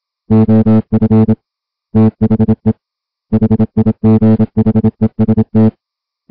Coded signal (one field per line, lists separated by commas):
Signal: Morse code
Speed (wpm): 26 wpm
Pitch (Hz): 220 Hz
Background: music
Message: OF THE HIGHEST